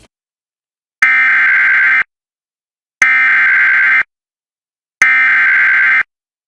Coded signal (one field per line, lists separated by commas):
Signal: Emergency Alert System (SAME) tones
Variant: header bursts